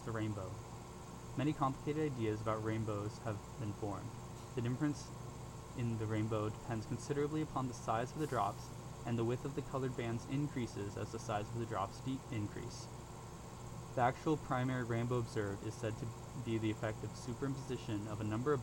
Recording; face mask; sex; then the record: reading aloud; surgical mask; male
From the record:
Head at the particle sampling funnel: turned sideways, cheek in front of it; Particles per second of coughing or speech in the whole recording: 0.0258